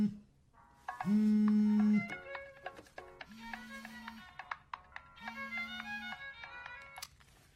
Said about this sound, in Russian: Звонит телефон.